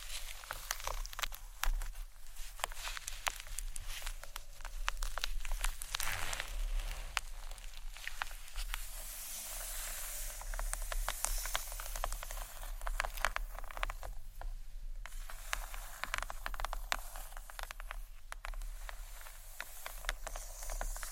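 Gentle scratchy tapping on books, a dense, continuous patter of soft bright scrapes and taps with a low steady hum underneath throughout.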